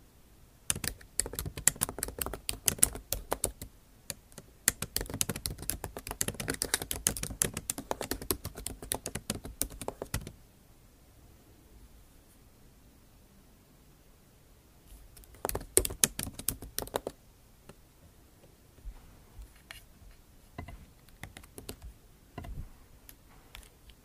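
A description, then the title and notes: Fast, dense tapping and scratching with sharp clicks like keyboard typing runs from the start to about ten seconds, then stops. After a quiet gap a second burst comes near 15 to 17 seconds, followed by sparse, scattered taps until the end. Scratching & Tapping ASMR.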